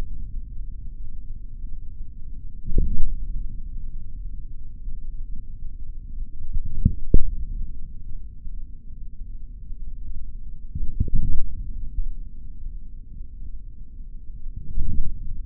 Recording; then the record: forearm muscle sounds (acoustic myography)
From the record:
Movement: forearm supination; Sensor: system 3, bracelet of six PUI Audio POM-2738L microphones around the upper forearm, with dedicated amplification and filtering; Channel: 2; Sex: male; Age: 26 years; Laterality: right